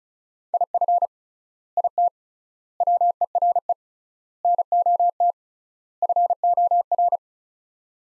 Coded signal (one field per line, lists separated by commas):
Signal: Morse code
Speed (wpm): 36 wpm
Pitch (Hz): 700 Hz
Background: none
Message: IF IT WERE NOT FOR